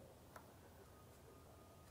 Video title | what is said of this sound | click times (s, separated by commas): How to Replace Vapor Canister Purge Solenoid Valve 2017-2024 GMC Acadia 3.6L V6 | I heard a light click there | 0.4 s